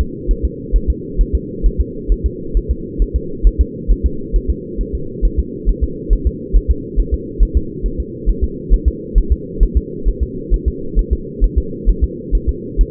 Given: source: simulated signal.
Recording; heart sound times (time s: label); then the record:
fetal heart sounds
0.01 s: S2
0.31 s: S1
0.45 s: S2
0.76 s: S1
0.90 s: S2
1.21 s: S1
1.35 s: S2
1.66 s: S1
1.81 s: S2
2.12 s: S1
2.26 s: S2
2.57 s: S1
2.71 s: S2
3.02 s: S1
3.16 s: S2
3.47 s: S1
3.61 s: S2
3.91 s: S1
4.06 s: S2
4.36 s: S1
4.50 s: S2
4.81 s: S1
4.95 s: S2
5.25 s: S1
5.39 s: S2
5.69 s: S1
5.84 s: S2
6.13 s: S1
6.27 s: S2
6.56 s: S1
6.71 s: S2
7.00 s: S1
7.14 s: S2
7.43 s: S1
7.57 s: S2
7.86 s: S1
8.00 s: S2
8.29 s: S1
8.44 s: S2
8.74 s: S1
8.88 s: S2
9.18 s: S1
9.32 s: S2
9.63 s: S1
9.77 s: S2
10.08 s: S1
10.23 s: S2
10.54 s: S1
10.68 s: S2
10.99 s: S1
11.13 s: S2
11.44 s: S1
11.58 s: S2
11.89 s: S1
12.04 s: S2
12.35 s: S1
12.49 s: S2
12.81 s: S1
From the record:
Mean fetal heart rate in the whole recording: 135 bpm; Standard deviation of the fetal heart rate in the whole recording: 3 bpm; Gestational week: 36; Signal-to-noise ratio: -4.3 dB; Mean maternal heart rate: 72 bpm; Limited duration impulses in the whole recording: absent